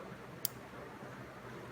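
A crimped pin terminal is pushed into the back of a weather-tight factory connector shell on an engine wiring harness until it locks. A single short, sharp click at 0.4 s stands out against a steady low background hiss. The terminal is seated and locked in the connector.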